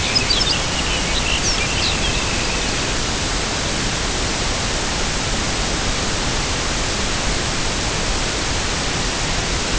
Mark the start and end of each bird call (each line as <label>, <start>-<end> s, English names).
Lapland Longspur, 0.00-2.23 s
Dunlin, 0.00-3.10 s